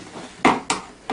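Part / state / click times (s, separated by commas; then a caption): plastic body panel clip on scooter frame/fairing / seated / 0.4 s, 0.7 s. A plastic body panel clip on a Tao Tao CY50A scooter frame is pulled together and tightened until it snaps home during assembly. Sharp plastic clicks land at 0.5 s and 0.7 s, followed by a quieter tap at 1.1 s. The clip is seated and confirmed clicked in.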